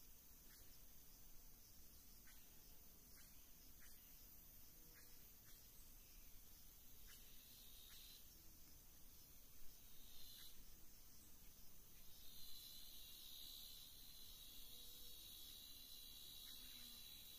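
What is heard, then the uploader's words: Atlantic Forest ambience with a steady, dense hiss of insects running high throughout, joined after about twelve seconds by a brighter, sustained insect buzz. Short bird chirps and clicks recur every second or so over a low, even rumble. Floresta Tropical- Mata Atlântica/Tropical Forest-Atlantic Forest. As florestas ombrófilas densas submontanas se estendem pelas encostas das serras entre as altitudes de 50 a 500 metros.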